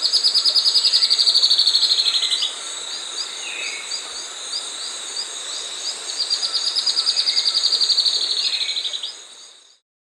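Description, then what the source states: Spot-winged antbird singing two rapid, high, evenly pulsed trills that sag gently in pitch, separated by a pause filled with soft repeated chirps over constant insect drone. South America.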